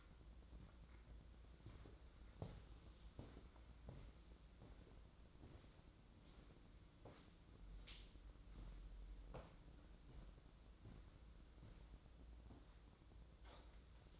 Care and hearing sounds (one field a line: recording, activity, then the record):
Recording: daily activity, microphone in the room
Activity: walk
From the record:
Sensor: 3